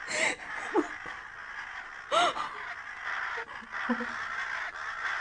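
Ravens caw in three harsh, scattered calls spread across a few seconds, rising briefly out of a steady hissing background with no one speaking.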